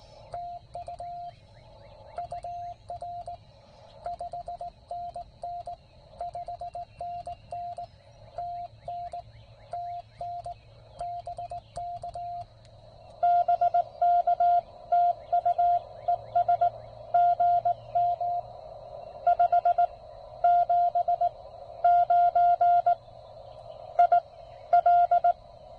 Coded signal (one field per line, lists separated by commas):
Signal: Morse code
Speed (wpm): 18 wpm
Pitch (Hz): 700 Hz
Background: radio noise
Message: TU UR 5NN 5NN TN TN BK BK TU ES GM 579 IL